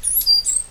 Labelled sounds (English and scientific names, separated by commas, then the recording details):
Stitchbird (Notiomystis cincta) song
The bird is a male
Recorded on Tiritiri Matangi Island, New Zealand, in 2005
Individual 8, of nest box 10